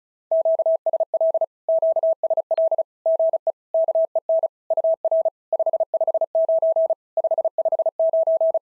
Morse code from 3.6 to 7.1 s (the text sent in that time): KEN UR 559